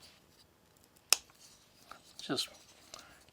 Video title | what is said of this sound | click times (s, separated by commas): AccuSharp Knife And Tool Sharpener | hear that pop into place | 1.1 s